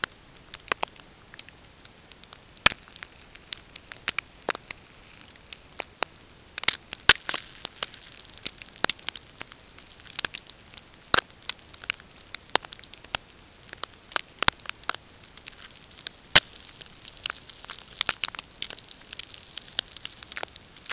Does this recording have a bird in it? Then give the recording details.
no. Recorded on Arctic tundra, site NAIT-1, on 20 June 2018. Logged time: 05:00